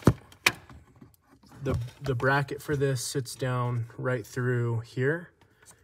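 A vehicle bracket that has no retaining bolt is handled at its mounting spot in the vehicle body, with a couple of sharp taps near the start, around 0.1 and 0.5 seconds, before someone talks. Nothing has seated or clicked into place yet.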